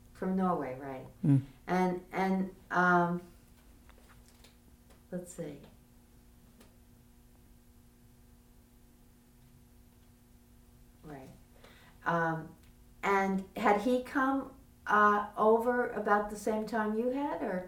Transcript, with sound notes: From Norway, right. And let's see, [pause] right. And had he come over about the same time you had?